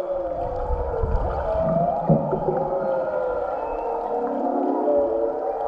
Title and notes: Using audio I recorded of humpback whales in Maui